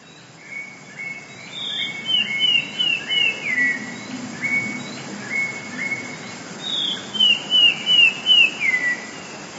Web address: wroblowe teka 2 spiew 12. wroblowe teka modraszkoteka